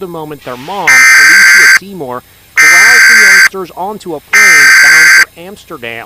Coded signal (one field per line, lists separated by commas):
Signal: Emergency Alert System (SAME) tones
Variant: header bursts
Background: speech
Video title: EAS Scenario: Trouble In Motown